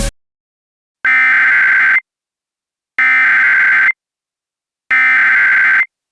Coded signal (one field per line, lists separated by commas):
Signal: Emergency Alert System (SAME) tones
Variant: header bursts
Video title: EAS Scenario - Asteroid-X